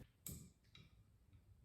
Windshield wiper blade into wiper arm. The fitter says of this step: Simply pull it up into the arm. Make sure it clicks into place and you're good to go.